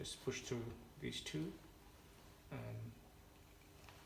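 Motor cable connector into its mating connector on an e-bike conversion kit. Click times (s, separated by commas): 3.9 s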